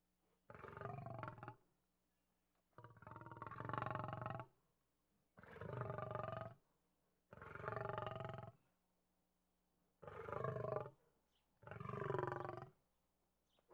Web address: lion growl